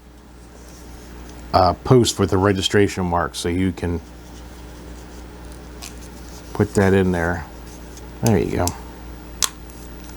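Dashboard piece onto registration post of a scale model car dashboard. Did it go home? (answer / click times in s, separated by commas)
yes / 9.4 s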